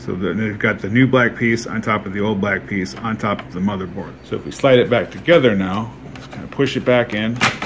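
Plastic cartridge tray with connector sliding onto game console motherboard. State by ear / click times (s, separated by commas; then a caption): not seated / none. A plastic cartridge tray with its connector is slid back onto an NES console motherboard and pushed in while someone talks throughout. No click is heard, and nothing has seated or clicked into place yet.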